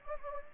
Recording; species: mosquito wingbeat signal from an infrared sensor; Anopheles gambiae